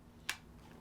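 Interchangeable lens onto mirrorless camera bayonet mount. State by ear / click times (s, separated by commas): seated / 0.3 s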